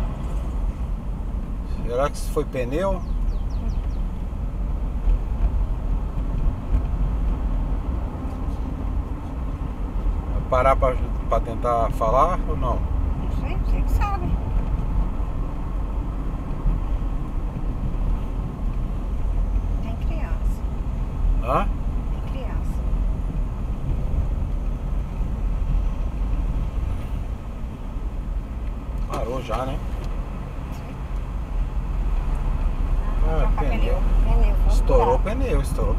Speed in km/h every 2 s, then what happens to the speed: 27, 26, 29, 34, 37, 37, 39, 41, 38, 32, 31, 30, 29, 29, 26, 25, 26, 32.
3-7 speeds up to 37. 7-13 steady at about 37. 13-29 slows to 25. 29-36 speeds up to 32.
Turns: none.